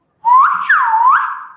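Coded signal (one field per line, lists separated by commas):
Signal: whistled language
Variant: Silbo Gomero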